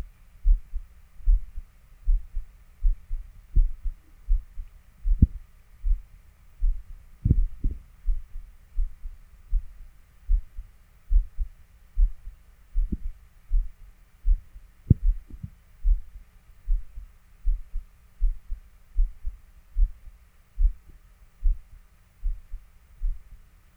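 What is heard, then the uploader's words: A heartbeat thuds steadily throughout, low, each beat a soft double pulse arriving a little faster than once per second. A faint steady hum sits high in the background, and a few sharper clicks break through around seconds 4, 7, 13 and 15. Experimental heart beat.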